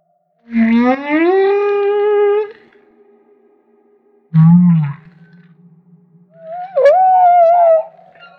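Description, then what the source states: Humpback whale song: a long rising harmonic moan, a short low grunt, then a wavering higher cry ending in a warbled tone. Maui.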